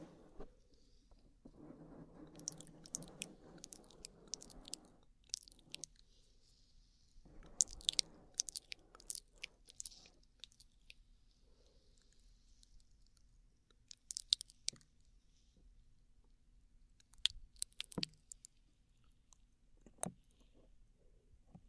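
Mouth sounds: crisp, sharp clicks and smacks scattered irregularly across the clip, bunched near the start, around 8 and 14 seconds, and again near 17–20 seconds. Between them come soft, low rustling or chewing-like passages, with quiet gaps and a faint steady hum beneath.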